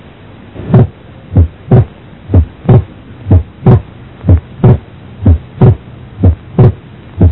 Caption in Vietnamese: Tiếng thứ hai tách đôi cố định, không thay đổi theo hô hấp, nghe rõ ở ổ van động mạch phổi là dấu hiệu nghe quan trọng trong chẩn đoán thông liên nhĩ.